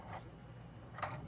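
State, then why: Not seated. A makeshift hook under a 1/48 scale diecast Audi SUV is lined up with a toy camper trailer's hitch and pushed against it, giving a soft scrape and one brief knock of the parts at 1.0 s. The hook does not hold, and nothing has caught or clicked yet.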